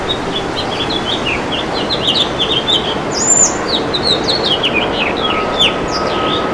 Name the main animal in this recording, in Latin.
Haemorhous mexicanus